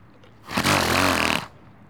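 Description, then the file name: Donkey sneeze: one rough, breathy snort lasting about a second, with a buzzy harmonic core, then quiet. "jarredgibb donkey-sneeze"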